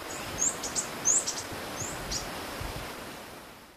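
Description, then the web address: Metallic-green tanager uttering quick, thin, high-pitched chips in a short burst over a steady rushing background noise. Recorded in Ecuador. "Birds of Ecuador. Metallic-green Tanager"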